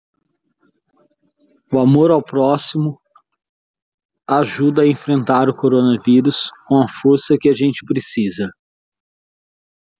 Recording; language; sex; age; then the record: spoken sentence; Brazilian Portuguese; male; 40 to 49 years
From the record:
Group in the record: control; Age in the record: 42 years